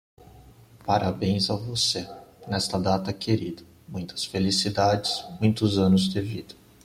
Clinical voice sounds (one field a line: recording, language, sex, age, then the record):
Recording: short text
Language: Brazilian Portuguese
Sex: male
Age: 30 to 39 years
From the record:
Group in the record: control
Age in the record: 34 years